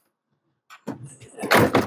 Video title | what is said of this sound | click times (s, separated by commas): DOLLYWOOD - EXPENSIVE CHARGING - HEADING NORTH | And it slides in and locks in place. | 1.5 s, 1.8 s